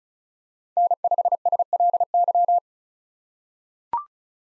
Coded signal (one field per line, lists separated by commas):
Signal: Morse code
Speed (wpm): 36 wpm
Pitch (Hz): 700 Hz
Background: none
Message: N5SLY